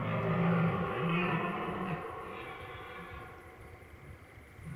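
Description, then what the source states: Red deer bellow: a low, drawn-out groaning roar fading after two seconds, followed by quieter rumbling and a soft hiss of background noise. Rut at night in the Drôme, 4 October 2019, 23:15; three stags repeatedly confronting and fighting; Drôme river in background; binaural recording with Mixpre3 and two MKH8020.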